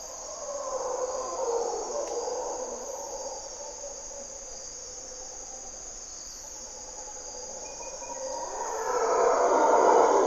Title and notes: Mantled Howler Monkeys in Corcovado morning twilight. Monos Congos, or Mantled Howler Monkeys, waking the jungle in Costa Rica's Parque Nacional Corcovado